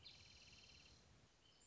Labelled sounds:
Wrentit (Chamaea fasciata)
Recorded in Sonoma County, California

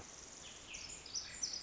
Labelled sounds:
Pacific Wren (Troglodytes pacificus)
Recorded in Sonoma County, California

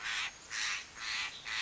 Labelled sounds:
Steller's Jay (Cyanocitta stelleri)
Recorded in Sonoma County, California

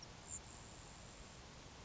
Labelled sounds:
Grasshopper Sparrow (Ammodramus savannarum)
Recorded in Sonoma County, California

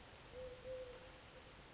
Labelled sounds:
Eurasian Collared Dove (Streptopelia decaocto)
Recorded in Sonoma County, California

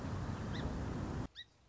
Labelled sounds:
Song Sparrow (Melospiza melodia)
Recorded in Sonoma County, California

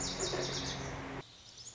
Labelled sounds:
Lazuli Bunting (Passerina amoena)
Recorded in Sonoma County, California

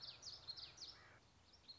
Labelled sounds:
Common Yellowthroat (Geothlypis trichas)
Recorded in Sonoma County, California

